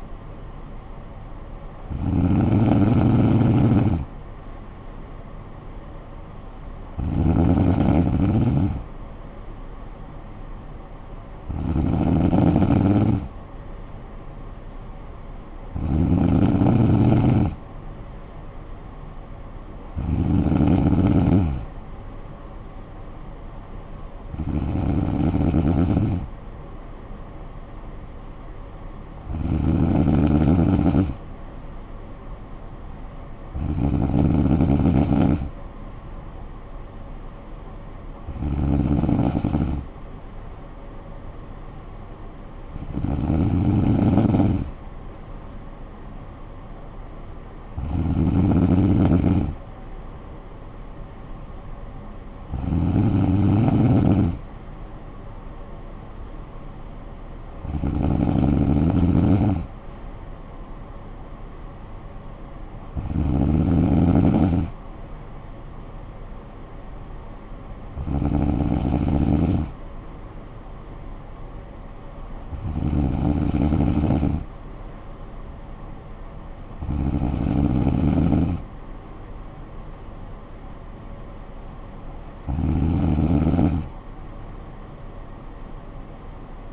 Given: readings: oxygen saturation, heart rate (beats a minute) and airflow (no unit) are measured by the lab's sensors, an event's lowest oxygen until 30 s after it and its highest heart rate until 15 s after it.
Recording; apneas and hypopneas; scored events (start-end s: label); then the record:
breathing in sleep by a smartphone at the bedside; none
none scored
From the record:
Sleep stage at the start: N3 (deep sleep); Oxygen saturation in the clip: 94 to 96%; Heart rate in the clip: 53 to 61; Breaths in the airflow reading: 18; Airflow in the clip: -9.4 to 6.7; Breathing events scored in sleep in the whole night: 445 in 7.6 hours asleep